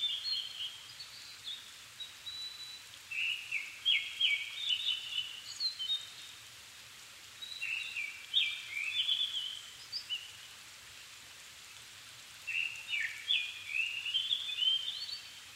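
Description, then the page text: Japanese thrush singing bursts of quick, varied fluty phrases, each several seconds long and separated by short pauses, with faint background hiss. Recorded 7 May 2011 at 17:59, altitude 270 m, with a Sony PCM-D50 and Panasonic WM-61A microphone. "kurotugumi 20110507-1759. Turdus cardis [Sounds -Nikko Today-]"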